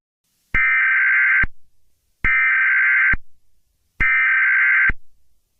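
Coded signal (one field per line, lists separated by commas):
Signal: Emergency Alert System (SAME) tones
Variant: header bursts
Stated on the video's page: Fictional EAS scenario based on a Jurassic Park novel.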